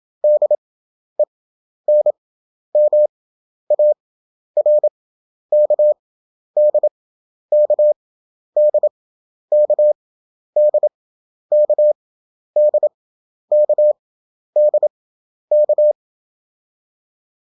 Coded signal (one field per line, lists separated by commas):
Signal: Morse code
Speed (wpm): 27 wpm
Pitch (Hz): 600 Hz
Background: none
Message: DENMARK DK DK DK DK DK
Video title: European Country abbreviation 27wpm/ 11 Effective (Morse Code) CW Practice.